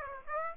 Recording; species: mosquito wingbeat signal from an infrared sensor; Aedes aegypti